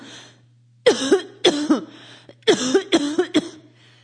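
Two quick clusters of voiced, moderately high-pitched coughs, about five bursts in all, each with a sharp onset and a short throaty tail. This is an acted female cough, a sick sound effect.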